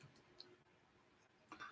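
A plastic part is handled and fitted toward the top of the blue section of a Wing Gundam Zero EW model kit, with quiet rustling and small plastic ticks near 0.2 s and 0.4 s and a louder burst of handling clatter around 1.5–1.7 s. Nothing has seated or clicked into place yet.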